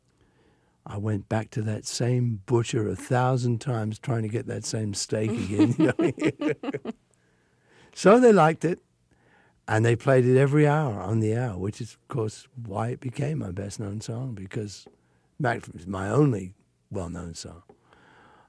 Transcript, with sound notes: I went back to that same butcher a thousand times trying to get that same steak again. (laughs)
So they liked it, and they played it every hour on the hour, which is, of course, why it became my best-known song, because that was my only well-known song.